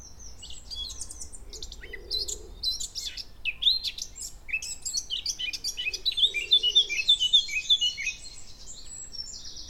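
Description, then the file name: Eurasian blackcap song: a rich, hurried warble mixing scratchy twitters with clear fluting phrases, continuous for nearly ten seconds. "Sylvia atricapilla"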